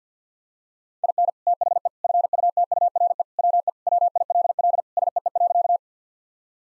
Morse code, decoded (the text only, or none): IN THE FUTURE WE WILL SEE.